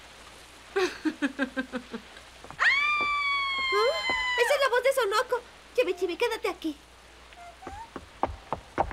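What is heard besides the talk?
heavy rain falling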